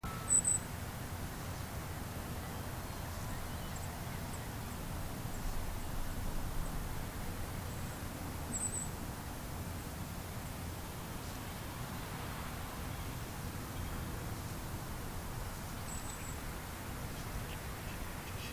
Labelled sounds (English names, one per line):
Common Firecrest call